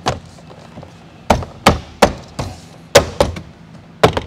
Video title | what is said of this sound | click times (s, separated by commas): How To Replace a 2018-2020 Honda Accord Side View Mirror - Quick 5-Min Install & Removal - ReveMoto | should hear a clip. You should hear it click, and once it's clicked on, that door panel should hold steady. | 1.3 s, 1.7 s, 2.0 s, 3.0 s, 4.0 s